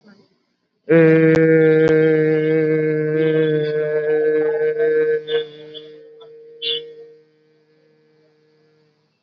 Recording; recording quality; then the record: sustained vowel as in made; excellent, no background noise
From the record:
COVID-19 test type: RT-PCR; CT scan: not taken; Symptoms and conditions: none ticked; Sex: male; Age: 28 years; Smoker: no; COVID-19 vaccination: both doses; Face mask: worn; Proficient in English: yes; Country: India